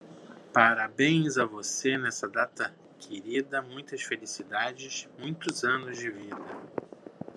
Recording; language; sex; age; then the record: short text; Brazilian Portuguese; male; 50 to 59 years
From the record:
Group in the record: control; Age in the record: 53 years